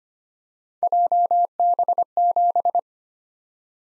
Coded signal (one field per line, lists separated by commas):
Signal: Morse code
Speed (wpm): 25 wpm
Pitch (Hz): 700 Hz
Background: none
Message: JB7